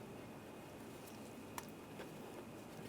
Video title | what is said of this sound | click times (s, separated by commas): How to Replace Engine Knock Sensor 2010-2016 Cadillac SRX | make sure it locks in place and you can put that Safety Lock on | 1.6 s